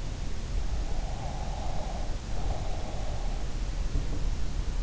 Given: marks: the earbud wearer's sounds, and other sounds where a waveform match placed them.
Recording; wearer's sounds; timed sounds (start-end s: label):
sounds in sleep by an in-ear microphone; breath
0.84-3.56 s: breath